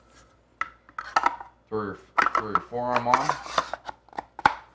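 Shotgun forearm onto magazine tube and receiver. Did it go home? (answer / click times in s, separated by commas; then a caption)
yes / 4.5 s. The forearm of a Browning Maxus 2 semi-automatic shotgun is put onto the magazine tube and receiver during assembly, with scattered metallic clicks and rubbing while someone talks. A sharp click at 4.5 s marks the forearm locking into place, seated and secured.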